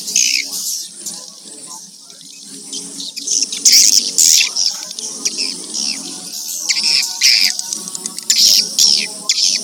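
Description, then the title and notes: Swiftlet calls, sharp high chirps in clusters over a faint low hum, quieting briefly and then growing busier. Swiftlet sounds used for swiftlet farming in Asia. "Swiflet Bird Sound. Farming Swiflet Bird asia sound"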